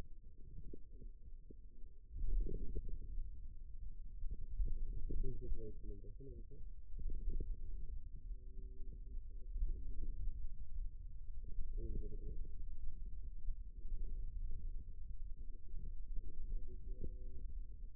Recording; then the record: forearm muscle sounds (acoustic myography)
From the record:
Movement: wrist extension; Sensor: system 2, bracelet of six BSWA MPA416 microphones around the upper forearm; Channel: 3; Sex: male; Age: 22 years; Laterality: right